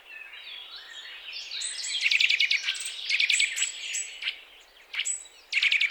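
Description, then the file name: Eurasian nuthatch giving rapid strings of short clipped notes in three or four bursts. "Sitta europaea"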